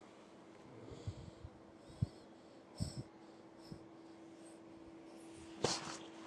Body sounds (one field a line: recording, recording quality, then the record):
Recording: shallow breathing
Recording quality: moderate, slight background noise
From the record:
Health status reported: COVID-19 positive, moderate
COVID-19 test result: positive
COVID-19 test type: RT-PCR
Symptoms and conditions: cough, cold, breathing difficulty, fever, muscle pain, loss of smell and taste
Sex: female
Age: 27 years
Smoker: no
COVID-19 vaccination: both doses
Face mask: not worn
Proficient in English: yes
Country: India